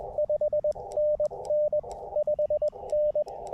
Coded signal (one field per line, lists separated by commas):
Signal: Morse code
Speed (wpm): 21 wpm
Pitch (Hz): 600 Hz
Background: radio noise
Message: 5NN 5N